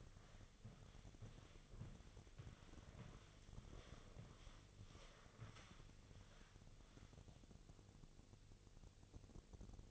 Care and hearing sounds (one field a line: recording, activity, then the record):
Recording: daily activity, microphone in the room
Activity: walk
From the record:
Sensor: 4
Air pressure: 1001.3 hPa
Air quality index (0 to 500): 178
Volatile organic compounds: 2 ppm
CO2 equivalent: 1279 ppm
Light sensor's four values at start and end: 14/33/13/13 and 14/33/13/13